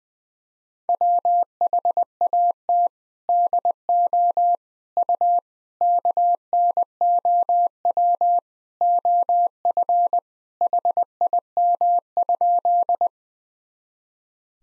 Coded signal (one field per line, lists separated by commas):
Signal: Morse code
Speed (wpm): 20 wpm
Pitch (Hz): 700 Hz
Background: none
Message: WHAT DO U KNOW OF HIM?